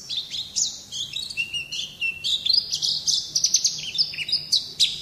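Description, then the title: White-eye singing a continuous high, jumbled warble of quick chirps and thin trills that run together without a break. Song in the ngalas singing style. "Pleci ngalas"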